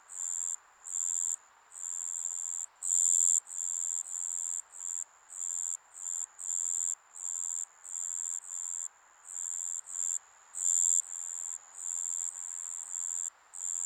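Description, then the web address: Insects making piercing buzzy bursts of uneven length, some louder than others, repeating steadily over a gentle background hiss. Insects in a Japanese summer ambience. "Sound Effects-Foundation 1 AMBIENCE JAPANESE SUMMER INSECTS"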